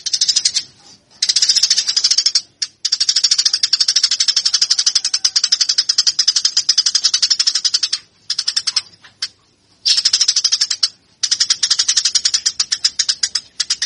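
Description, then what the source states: Eurasian tree sparrow giving long, rapid streams of harsh high chirps, broken by brief gaps, nearly continuous throughout. Fighting tree sparrow.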